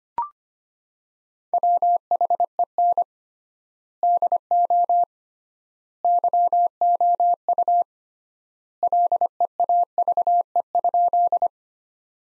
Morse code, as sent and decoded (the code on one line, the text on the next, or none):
.-- .... . -. / -.. --- / -.-- --- ..- / .-.. . .- ...- . ..--..
WHEN DO YOU LEAVE?